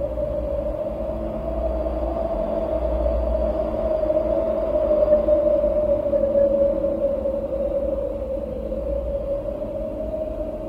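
Wind moans steadily, holding a single hollow, whistling tone that wavers only slightly in pitch throughout. A deep rumble runs underneath, and the gusts swell a little louder around the middle before easing back, without ever dropping away.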